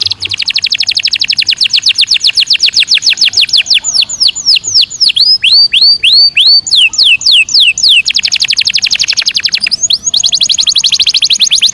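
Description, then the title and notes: Canary song: quick steady trill slowing into looping whistled notes, then speeding back into rapid trills, continuous and loud. Panda canary, singing vigorously ('gacor'). "Kenari Panda"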